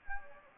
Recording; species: mosquito wingbeat signal from an infrared sensor; Anopheles gambiae